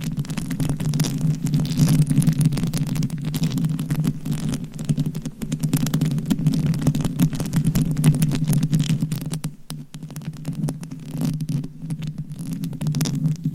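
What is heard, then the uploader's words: Mic scratching, a dense, rough rubbing that runs almost without a break for the whole clip. A steady low rumbling hum sits underneath, with brief dips near 5 and 10 seconds where the scratching thins out before picking up again. ASMR Mic Scratching - Brain Scratching with 10 Mics for 100% SLEEP No Talking with Long Nails.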